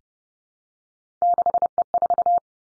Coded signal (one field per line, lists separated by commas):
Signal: Morse code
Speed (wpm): 30 wpm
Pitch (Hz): 700 Hz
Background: none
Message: 6E4